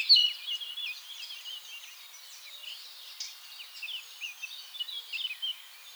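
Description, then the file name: Eurasian blackcap singing a soft, continuous, rambling warble of quick high notes, beginning with one sharper note. "Sylvia atricapilla"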